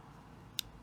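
A Chris Reeve Sebenza 21 folding knife is opened so its blade locks open in the frame-lock handle, meant to show a two-click lock engagement. Against a quiet background, one short, sharp, bright click is heard at 0.6 s, and the blade is seated locked open, with only that single strong click clearly present rather than two.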